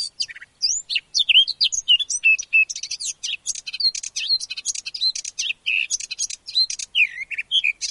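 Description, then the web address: Eurasian blackcap song: a fast, continuous warble of varied chattering and fluty whistled notes, with no other sounds. "blackcap"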